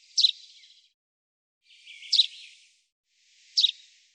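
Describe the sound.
Common chaffinch calls: three short, sharp, high notes spaced about one and a half to two seconds apart, each with a faint softer tail, against a silent background.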